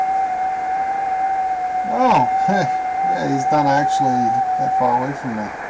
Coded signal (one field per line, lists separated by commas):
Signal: FT8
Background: speech